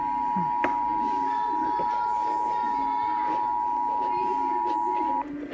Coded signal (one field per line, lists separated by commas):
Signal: Emergency Alert System (SAME) tones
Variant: 853 and 960 Hz attention tone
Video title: Required Monthly Test EAS #7